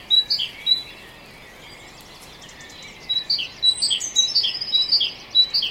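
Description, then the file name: Great tit's see-saw two-note song, one brief phrase then a longer series; a thin, high whistle overlaps midway. "Parus major"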